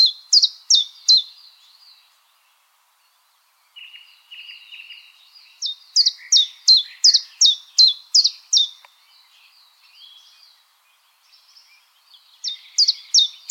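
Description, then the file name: Common chiffchaff song: brisk strophes of sharp, downslurred high chiff-chaff notes, about three per second, separated by soft twittering and a quiet pause. "Golosa ptic - Penochka-tenkovka Phylloscopus collybita"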